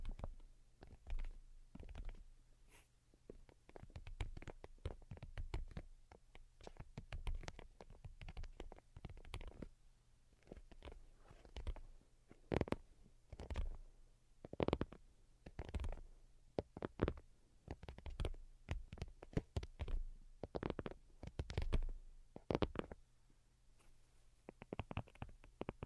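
Delicate tapping in quick, uneven bursts runs through the whole clip, each tap a short, sharp click with a soft low thud beneath. The pace shifts between dense flurries and brief pauses. A faint, steady low hum sits underneath throughout.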